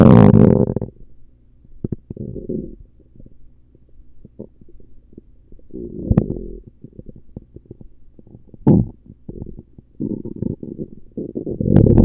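Low, irregular gurgles and rumbles come in bursts across an adult's abdomen, mixed with short clicks and pops and a loud opening rumble. These are ordinary bowel sounds: gas and fluid moving through the gut as stomach rumbling.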